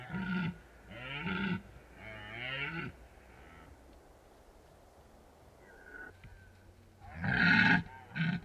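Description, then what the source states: Red deer roars: a run of three hoarse bellows, a quiet gap with faint calls, then two more loud bellows near the end. Red deer stags rutting in the Carpathian Mountains, Bucovina, Romania.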